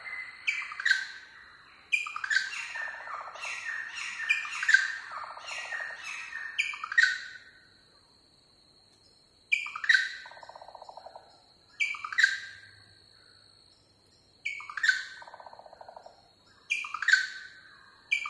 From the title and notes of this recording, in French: Douglas Quin - Oiseau Moine & Meliphage Noir Extrait.